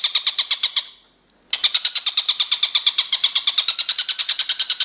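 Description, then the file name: Stork-billed kingfisher calling with rapid, harsh, buzzy notes, pausing briefly near the first second before resuming in a steady stream. "tengkek buto om andri"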